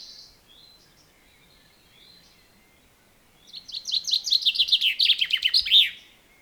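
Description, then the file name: Common chaffinch: soft bird notes, then a common chaffinch bursts into a loud descending rattling trill finishing with a sharp flourish. "Fringilla coelebs"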